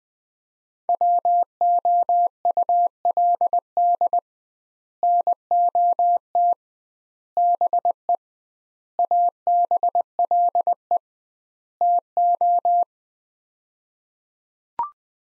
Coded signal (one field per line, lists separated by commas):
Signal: Morse code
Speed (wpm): 21 wpm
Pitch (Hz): 700 Hz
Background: none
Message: WOULD NOT BE ABLE TO